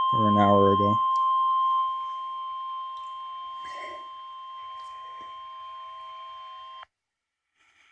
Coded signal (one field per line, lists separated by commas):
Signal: Emergency Alert System (SAME) tones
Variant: 1050 Hz attention tone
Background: speech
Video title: EAS 46 - Special Marine Warning Destin FL